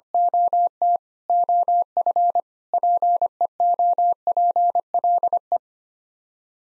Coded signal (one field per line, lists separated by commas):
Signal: Morse code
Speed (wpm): 25 wpm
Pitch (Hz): 700 Hz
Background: none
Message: OT OF PEOPLE